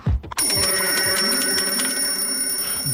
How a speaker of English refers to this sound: Make sure you make the bell on your bicycle ring. Cling, cling, clang. Clang, cling, cling. Cling, clang, clang.